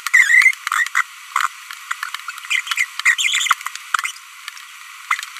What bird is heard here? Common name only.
Green-rumped Parrotlet